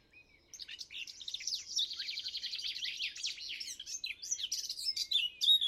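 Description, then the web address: Eurasian blackcap song: a fast, scratchy, chattering warble that opens into clearer fluting phrases near the end, all in one continuous outpouring. Song, recorded by Didier Collin. "chant didier collin fauvette a tete noire"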